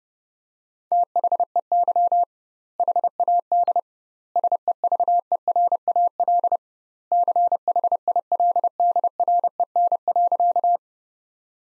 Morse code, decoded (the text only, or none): THEY HAD SEVERAL CHILDREN.